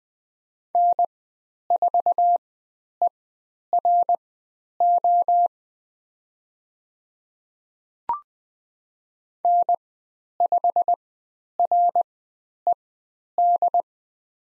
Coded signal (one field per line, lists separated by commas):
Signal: Morse code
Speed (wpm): 20 wpm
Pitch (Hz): 700 Hz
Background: none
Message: N4ERO N5RED